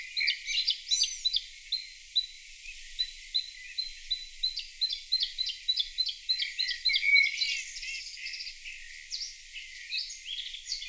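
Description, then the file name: Bluethroat song: a rapid series of repeated high ticking notes after an opening flourish, then mixed twittering and buzzy elements, steady and continuous throughout. Played back. "Blaahals"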